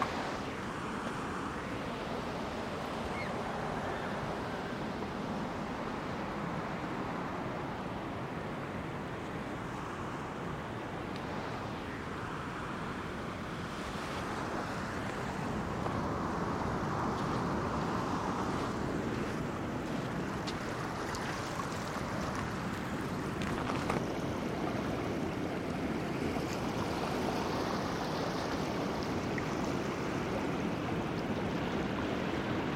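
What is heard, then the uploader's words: Pacific surf at Cape Disappointment in Washington rolls in as a steady, dense roar, with wind rushing over it. The wash grows slightly fuller after about fifteen seconds, and short bright gusts or splashes break through near 14 and 24 seconds. Recorded August 25th, 2022 at Cape Disappointment on the Pacific Coast in Washington. The raw field recording without an original musical score.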